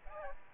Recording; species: mosquito wingbeat signal from an infrared sensor; Aedes aegypti